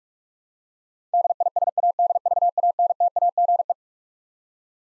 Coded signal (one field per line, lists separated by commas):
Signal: Morse code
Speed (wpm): 46 wpm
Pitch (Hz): 700 Hz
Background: none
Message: DISADVANTAGE